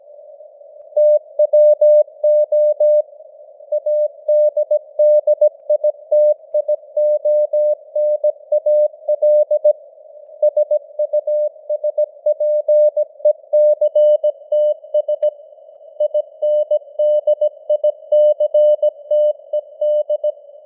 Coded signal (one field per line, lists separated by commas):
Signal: Morse code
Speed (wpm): 17 wpm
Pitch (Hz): 600 Hz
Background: none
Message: TWO ADDITIONAL SUSPECTS INDICTED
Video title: Morse Code News | 2025-11-02 | 17wpm